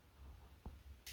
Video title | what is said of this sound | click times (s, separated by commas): MY FIRST MOUNJARO INJECTION - Journey Begins | There we go, so I heard a click. | 0.7 s